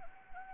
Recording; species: mosquito wingbeat signal from an infrared sensor; Anopheles arabiensis